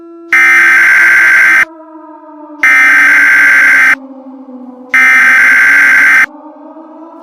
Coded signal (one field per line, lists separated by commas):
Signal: Emergency Alert System (SAME) tones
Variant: header bursts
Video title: If Paramount+ Had The Emergency Alert System: An EAS Mock